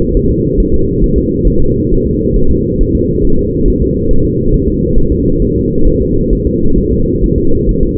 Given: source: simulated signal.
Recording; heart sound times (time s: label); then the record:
fetal heart sounds
0.17 s: S1
0.31 s: S2
0.60 s: S1
0.74 s: S2
1.04 s: S1
1.18 s: S2
1.47 s: S1
1.62 s: S2
1.92 s: S1
2.06 s: S2
2.36 s: S1
2.51 s: S2
2.81 s: S1
2.95 s: S2
3.25 s: S1
3.39 s: S2
3.68 s: S1
3.82 s: S2
4.11 s: S1
4.25 s: S2
4.54 s: S1
4.68 s: S2
4.98 s: S1
5.12 s: S2
5.42 s: S1
5.56 s: S2
5.87 s: S1
6.02 s: S2
6.33 s: S1
6.47 s: S2
6.78 s: S1
6.92 s: S2
7.24 s: S1
7.38 s: S2
7.69 s: S1
7.83 s: S2
From the record:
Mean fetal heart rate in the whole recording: 135 bpm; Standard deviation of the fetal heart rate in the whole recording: 3 bpm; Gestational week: 36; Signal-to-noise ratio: -17.7 dB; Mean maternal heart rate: 72 bpm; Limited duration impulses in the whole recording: present